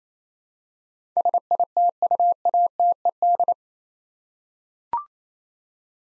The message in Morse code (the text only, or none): SITUATED